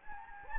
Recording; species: mosquito wingbeat signal from an infrared sensor; Anopheles gambiae